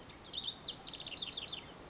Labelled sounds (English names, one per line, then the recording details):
House Wren
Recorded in Sonoma County, California